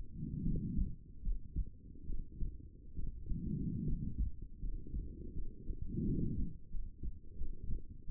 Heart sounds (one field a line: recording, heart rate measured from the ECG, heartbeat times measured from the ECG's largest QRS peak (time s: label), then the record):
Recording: heart sounds by stethoscope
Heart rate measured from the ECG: 79 bpm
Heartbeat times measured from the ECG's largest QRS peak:
0.42 s: heartbeat
1.21 s: heartbeat
2.05 s: heartbeat
2.94 s: heartbeat
3.83 s: heartbeat
4.59 s: heartbeat
5.32 s: heartbeat
6.03 s: heartbeat
6.69 s: heartbeat
7.36 s: heartbeat
8.05 s: heartbeat
From the record:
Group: healthy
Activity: rest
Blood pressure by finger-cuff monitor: 125/80 mmHg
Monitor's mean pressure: 96 mmHg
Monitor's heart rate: 75 bpm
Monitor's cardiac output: 6.4 L/min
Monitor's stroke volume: 86 mL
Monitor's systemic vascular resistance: 1100 dyn s/cm5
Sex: female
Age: 23 years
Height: 160 cm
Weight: 50.4 kg